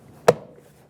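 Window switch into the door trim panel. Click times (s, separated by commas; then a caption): 0.3 s. A plastic window switch assembly on a 2003-2008 Honda Pilot is pushed straight down into its opening in the door trim panel. A single sharp snap is heard at 0.3 s against a quiet background. The switch locks into place.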